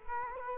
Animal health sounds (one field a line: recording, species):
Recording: mosquito wingbeat signal from an infrared sensor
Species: Culex quinquefasciatus